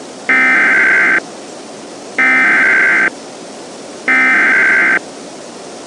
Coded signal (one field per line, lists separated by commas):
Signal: Emergency Alert System (SAME) tones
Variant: header bursts